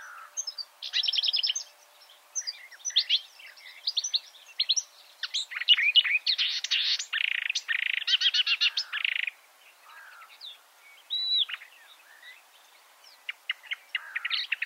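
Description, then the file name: Marsh warbler singing a rapid, varied medley of high chirps, harsh buzzes and quick repeated trills, broken by short pauses, with a clear whistled note near the end. "suara kicauan burung marsh warbler. omkicau"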